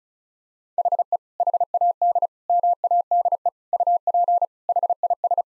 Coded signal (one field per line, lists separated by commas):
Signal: Morse code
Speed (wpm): 36 wpm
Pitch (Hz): 700 Hz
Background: none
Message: HE HAD MADE UP HIS